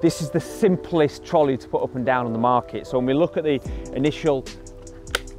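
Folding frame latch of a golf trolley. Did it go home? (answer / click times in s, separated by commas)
yes / 5.1 s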